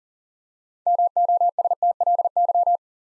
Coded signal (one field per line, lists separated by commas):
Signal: Morse code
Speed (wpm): 42 wpm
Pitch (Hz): 700 Hz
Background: none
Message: MOSTLY